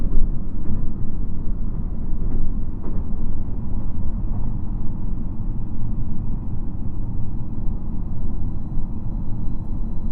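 A JR Shikoku 2700 series diesel railcar running, heard as a dense, steady low rumble that holds its level throughout. Faint clicks and thumps come through early on, and from about seven seconds a few thin high tones appear.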